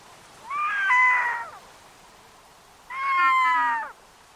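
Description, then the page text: Red-throated Loon giving two drawn-out, wavering wails, each falling slightly at the end. "BirdNote Daily. Family Time with Red-throated Loons"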